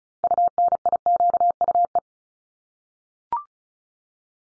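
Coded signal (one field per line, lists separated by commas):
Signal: Morse code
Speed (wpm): 36 wpm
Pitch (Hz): 700 Hz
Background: none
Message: UNIQUE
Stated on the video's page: Morse head-copy practice set of multi-letter phonemes at 35 wpm.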